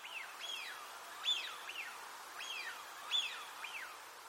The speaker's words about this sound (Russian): А вопль свизи какой классный. Как резиновая уточка.